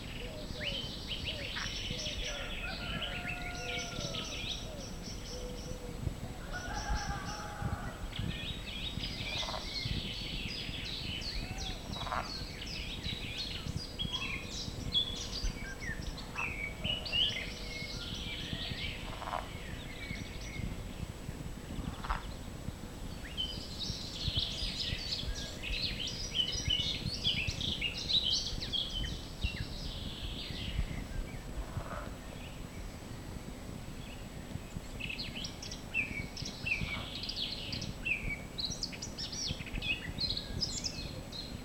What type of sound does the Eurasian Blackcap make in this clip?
song